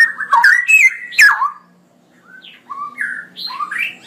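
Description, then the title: Straw-headed bulbul song: a loud gurgling phrase of rich whistles, a quiet pause, then softer rising and falling whistled notes building again. Male bird, singing constantly in a loud voice with long rolling phrases; recording meant for training other birds. "GILEEE Cucak ROWO Jantan GACOR Suara Lantang ROoo EL Panjang"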